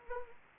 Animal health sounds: mosquito wingbeat signal from an infrared sensor; Anopheles arabiensis

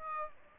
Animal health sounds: mosquito wingbeat signal from an infrared sensor; Aedes aegypti

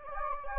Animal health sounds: mosquito wingbeat signal from an infrared sensor; Anopheles gambiae

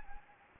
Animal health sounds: mosquito wingbeat signal from an infrared sensor; Anopheles gambiae

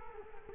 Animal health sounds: mosquito wingbeat signal from an infrared sensor; Culex quinquefasciatus

